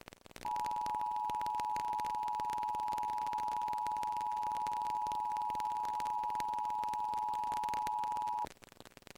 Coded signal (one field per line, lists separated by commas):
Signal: Emergency Alert System (SAME) tones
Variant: 853 and 960 Hz attention tone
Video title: The Interesting EAS Corner of Youtube